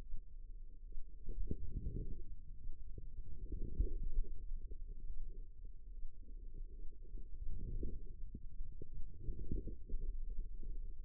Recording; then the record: forearm muscle sounds (acoustic myography)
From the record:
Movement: wrist flexion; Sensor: system 2, bracelet of six BSWA MPA416 microphones around the upper forearm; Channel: 3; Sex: female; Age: 25 years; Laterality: right